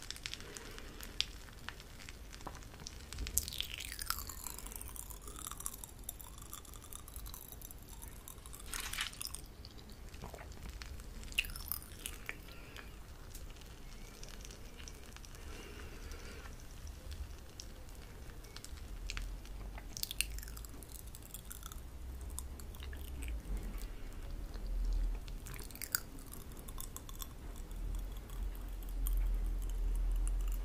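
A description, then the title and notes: Mouth sounds of nibbling and crunching, with dense crackly clicks and small pops scattered throughout. Bright bursts of wet, sizzling crackle stand out around 3–9, 11, 20 and 26 seconds over a low, steady rumble. Mouth sounds, spoolie nibbling, pop rocks.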